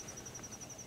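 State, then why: Not seated. Someone turns the on/off thumbwheel of the rotary power switch on a plastic animatronic toy, which should click off and on. Only a steady high tone over low background noise is heard, with a faint bump at 0.3 s. Nothing clicks, because the bent metal contact does not snap into place.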